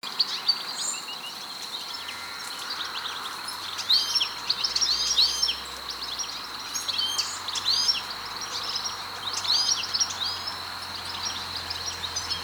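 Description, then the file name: European goldfinch calls: a steady run of high, tinkling twitters and chirps repeated throughout, layered over a constant high-pitched hiss. "Carduelis carduelis"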